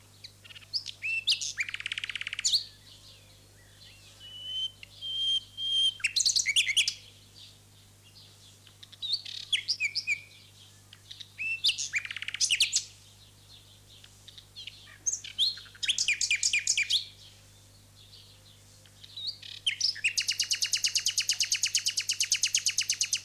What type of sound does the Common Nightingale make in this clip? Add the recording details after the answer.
song. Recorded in the wild. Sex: male. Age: adult. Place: Lübars, Berlin, DE. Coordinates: 52.6167, 13.35. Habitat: residential district. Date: 2006-05-12 19:00. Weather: sunny, 23°C. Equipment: Grundig CR 110, Sennheiser ME 80, Kopie Uher 4000 Report Monitor. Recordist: Tembrock, Günter